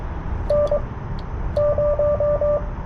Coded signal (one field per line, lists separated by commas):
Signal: Morse code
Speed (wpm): 20 wpm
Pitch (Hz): 590 Hz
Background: radio noise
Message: N 0